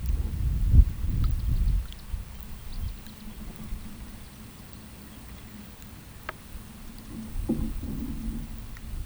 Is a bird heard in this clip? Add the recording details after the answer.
no. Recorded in pastures near Puerto Asís, Putumayo, Colombia, on 22 December 2024 at 11:30. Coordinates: 0.486, -76.323. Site GP01